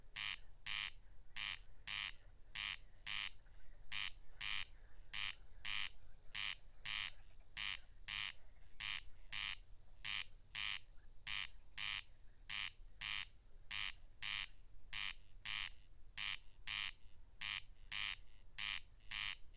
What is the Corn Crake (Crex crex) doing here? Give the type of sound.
song